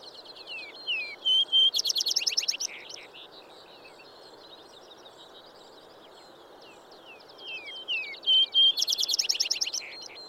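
Vesper sparrow delivering two songs several seconds apart, each with twittering lead-in notes, paired whistles and a loud rapid trill, with faint background hiss throughout.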